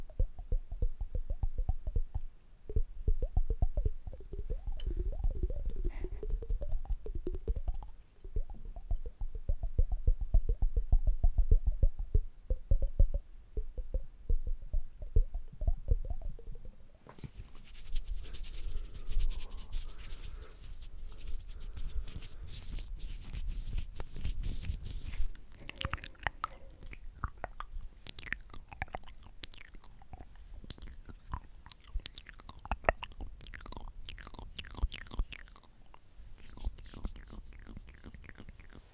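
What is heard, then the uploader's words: Wet mouth sounds: for the first seventeen seconds they are muffled and low, a dense run of soft smacks and clicks. Then the sound turns crisp and bright, with sharp pops and tongue clicks coming faster from about twenty-five seconds on. ASMR Mouth Sounds & Visuals Hand Movements.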